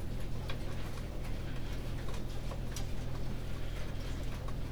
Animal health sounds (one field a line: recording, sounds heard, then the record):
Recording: poultry house recording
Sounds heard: no chicken sound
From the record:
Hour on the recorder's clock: 19